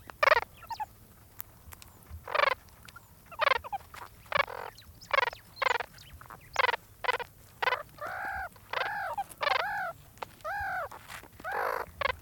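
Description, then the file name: Meerkat pups giving repeated squeaky calls, short noisy notes at first, then longer arched, wavering ones mixed in, steady chatter throughout. Meerkat pups chatting while eating a scorpion. "edited meerkat pups chatting as they eat a scorpion"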